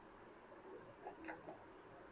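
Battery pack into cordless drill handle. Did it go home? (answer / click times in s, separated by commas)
no / none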